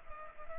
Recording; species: mosquito wingbeat signal from an infrared sensor; Culex pipiens